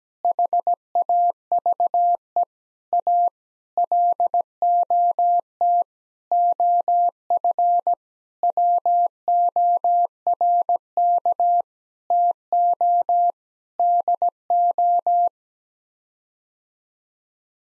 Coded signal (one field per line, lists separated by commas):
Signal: Morse code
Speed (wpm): 17 wpm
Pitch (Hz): 700 Hz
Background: none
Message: HAVE A LOT OF WORK TO DO